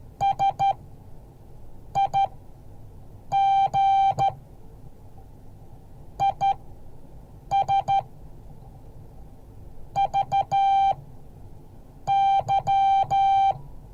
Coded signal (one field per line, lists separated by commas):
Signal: Morse code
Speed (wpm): 14 wpm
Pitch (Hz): 780 Hz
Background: none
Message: SIG IS VY